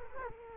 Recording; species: mosquito wingbeat signal from an infrared sensor; Culex quinquefasciatus